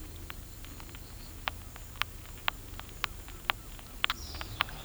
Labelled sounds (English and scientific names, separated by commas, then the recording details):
none
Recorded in pastures near Puerto Asís, Putumayo, Colombia, on 26 December 2024 at 11:00
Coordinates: 0.472, -76.329
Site G072